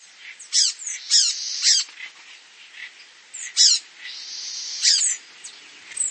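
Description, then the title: Bird song of sharp, high sweeping notes and buzzy trilled bursts, delivered in irregular phrases with short pauses between them. "LuckyPassaro Completos2Sama"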